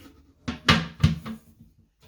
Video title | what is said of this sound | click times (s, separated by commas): How to Change a Toilet Seat | now i can snap it and the other one snap it | 0.5 s, 0.7 s